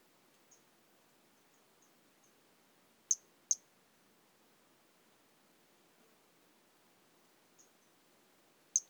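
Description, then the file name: Pumpkin toadlet, brief high chirps: a close pair in the middle and another chirp at the end, with faint softer notes between, quiet background. "Brachycephalus albolineatus"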